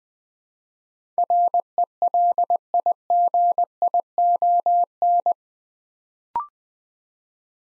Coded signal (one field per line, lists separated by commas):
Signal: Morse code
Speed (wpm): 20 wpm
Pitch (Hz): 700 Hz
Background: none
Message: RELIGION